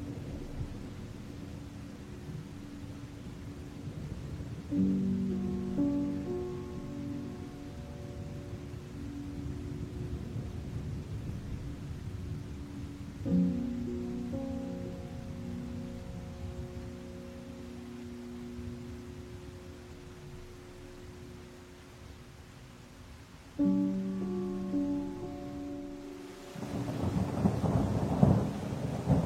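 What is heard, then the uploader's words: Music plays over storm sounds: low rolling thunder rumbles underneath while soft sustained chords swell in around 5, 13 and 24 seconds and hold steady. Near the end a louder, rougher crack of thunder with a rush of noise takes over. Music with the sounds of storms. Music with THUNDER.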